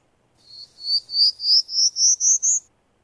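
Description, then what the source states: Prairie Warbler song: eight thin, buzzy notes climbing steadily higher in an even ascending series, lasting about two seconds. Played from a companion audio guide; described as a buzzy song rising all the way.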